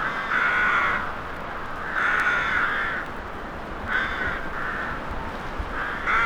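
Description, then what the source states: Crows giving harsh, drawn caws roughly every second or two, some doubled, with steady background noise. Crows in a graveyard atmosphere with a horror mood.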